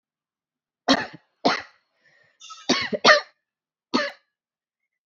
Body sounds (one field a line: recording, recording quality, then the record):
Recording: shallow voluntary cough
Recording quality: excellent, no background noise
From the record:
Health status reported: COVID-19 positive, mild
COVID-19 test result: positive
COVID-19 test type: RT-PCR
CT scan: not taken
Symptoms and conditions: cough, cold, fever, fatigue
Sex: female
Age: 33 years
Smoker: no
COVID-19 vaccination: both doses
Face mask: not worn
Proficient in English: yes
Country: India